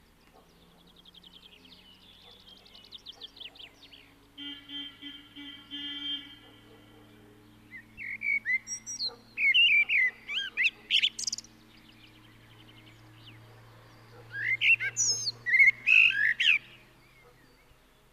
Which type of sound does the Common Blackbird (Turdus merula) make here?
song